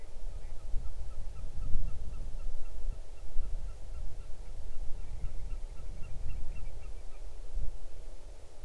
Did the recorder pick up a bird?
yes